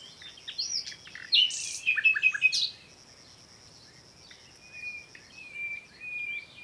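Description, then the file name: Common nightingale song: a burst of varied chirps and harsh notes, then quieter drawn-out whistles after a pause, with a faint high steady tone. "Luscinia megarhynchos"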